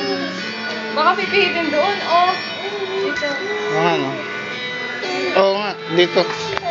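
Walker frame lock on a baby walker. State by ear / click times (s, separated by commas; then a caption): not seated / none. Someone handles the frame lock on a baby walker, looking for the locking part and turning or pushing it, while people talk over background music. Nothing has seated or clicked yet.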